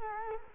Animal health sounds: mosquito wingbeat signal from an infrared sensor; Culex quinquefasciatus

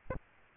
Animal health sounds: mosquito wingbeat signal from an infrared sensor; Aedes albopictus

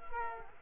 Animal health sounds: mosquito wingbeat signal from an infrared sensor; Culex quinquefasciatus

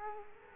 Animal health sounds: mosquito wingbeat signal from an infrared sensor; Culex quinquefasciatus

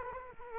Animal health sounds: mosquito wingbeat signal from an infrared sensor; Culex quinquefasciatus

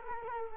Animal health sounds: mosquito wingbeat signal from an infrared sensor; Culex quinquefasciatus

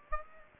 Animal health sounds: mosquito wingbeat signal from an infrared sensor; Aedes aegypti

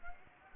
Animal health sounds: mosquito wingbeat signal from an infrared sensor; Anopheles gambiae

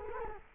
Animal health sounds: mosquito wingbeat signal from an infrared sensor; Culex quinquefasciatus

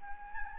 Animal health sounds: mosquito wingbeat signal from an infrared sensor; Anopheles gambiae

